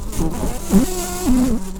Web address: Lapidarius queens